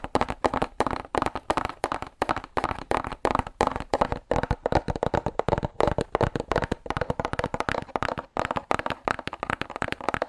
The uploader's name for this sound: ASMR Fast Aggressive Cardboard Tapping